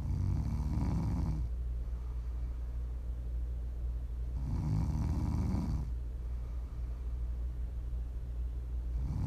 Some prime ASMR snoring. You can listen to sleep, to relax, to wind down.